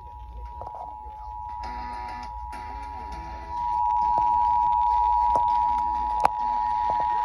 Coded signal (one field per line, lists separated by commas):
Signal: Emergency Alert System (SAME) tones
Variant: 853 and 960 Hz attention tone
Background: music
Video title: My First MHX Weekly Test... EAS Tests From May 26, 2021 (EAS #1143-1152)